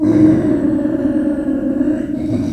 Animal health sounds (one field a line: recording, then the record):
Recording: squeal of a Yucatan mini pig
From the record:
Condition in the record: after surgery on the right vocal fold (resection and tissue-engineered implant)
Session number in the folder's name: 2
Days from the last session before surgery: 18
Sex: female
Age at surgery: 19 weeks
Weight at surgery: 25 kg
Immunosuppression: prednisolone